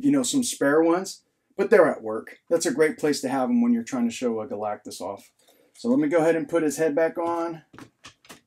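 Someone talks while getting ready to push the plastic head of a large electronic Galactus action figure back onto the neck joint of its body after changing its batteries. Near the end, a few soft, brief handling taps are heard around 7.8, 8.1 and 8.3 seconds. Nothing has seated or clicked yet.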